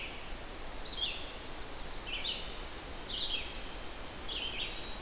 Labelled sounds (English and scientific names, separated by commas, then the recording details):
Red-eyed Vireo (Vireo olivaceus) song
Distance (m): 25 m
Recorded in boreal forest in Alberta, Canada, on 12 June 2016 at 06:37
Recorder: SongMeter 3, array SBT-3-18
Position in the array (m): 238 m, 99 m